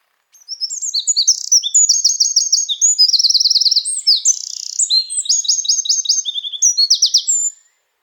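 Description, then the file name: Eurasian Wren singing a sustained, shrill cascade of quick notes broken up by repeated machine-gun trills, about seven seconds long. "Troglodytes troglodytes"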